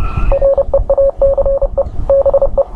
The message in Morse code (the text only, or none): REACE BE